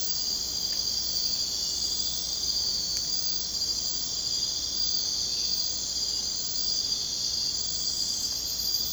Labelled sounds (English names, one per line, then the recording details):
none
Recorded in secondary vegetation near Puerto Asís, Putumayo, Colombia, on 22 June 2025 at 00:30
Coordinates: 0.484, -76.319
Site G074